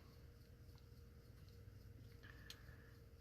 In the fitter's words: kind of snaps into place.